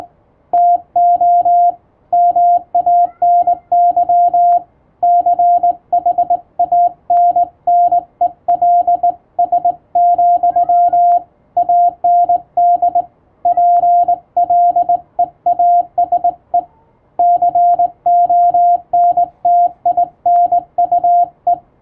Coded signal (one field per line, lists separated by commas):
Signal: Morse code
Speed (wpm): 20 wpm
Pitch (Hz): 700 Hz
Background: radio noise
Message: TO MANY CHANNELS, AND PLEASE CONTINUE